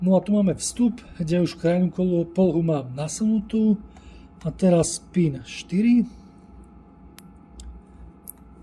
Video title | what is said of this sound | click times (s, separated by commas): jednoduché dorobenie pádiel volantu pre BMW E90 E91 E92 E93 E81 E82 E87 E60 E70 LCI do SSG | klikniemy pin obudowy tutaj. | 8.3 s